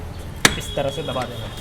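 On a Suzuki Access 125 scooter, the plastic lock clip on the refitted air filter housing cover is pressed down by hand and snaps shut with a single sharp click at 0.5 s. Someone talks before and after the snap. The cover lock is seated.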